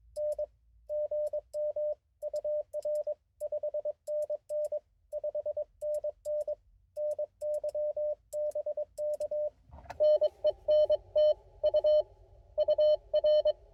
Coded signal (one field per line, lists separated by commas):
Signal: Morse code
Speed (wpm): 22 wpm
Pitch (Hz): 590 Hz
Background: radio noise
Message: N GM UR 5NN 5NN NY BK NENT U UR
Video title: QRP CQ POTA at Oakley Corners State Forest with the IC 705